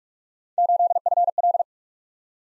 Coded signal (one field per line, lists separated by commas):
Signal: Morse code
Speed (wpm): 44 wpm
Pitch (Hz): 700 Hz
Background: none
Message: 8FL